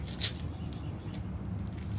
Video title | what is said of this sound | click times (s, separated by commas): Blower/Vacuum/Mulcher by Sun Joe | until I hear a click | 0.2 s